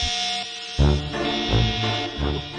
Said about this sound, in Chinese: 咩事啊？点解又有警报声嘅？ 个警报好似由机械人 B B 度发出嚟嘅、啊。